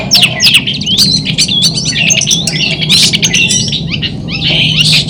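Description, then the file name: Long-tailed shrike song as a loud, continuous jumble of scratchy, warbling and squeaky notes with rapid pitch changes, over a low background hum. Song heard during a simulated songbird competition held at a gathering. "audio simulasi lomba cendet gathering. omkicau"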